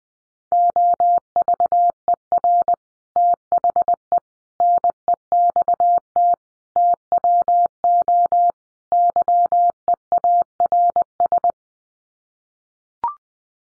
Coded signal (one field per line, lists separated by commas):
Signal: Morse code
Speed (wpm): 20 wpm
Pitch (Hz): 700 Hz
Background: none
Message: OVER THE NEXT TWO YEARS